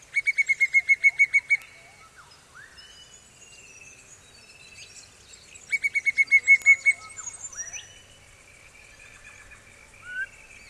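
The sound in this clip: Pallid cuckoo calling: a rapid series of several even, piping whistled notes, given twice with a pause between, while other birds chirp and whistle softly behind.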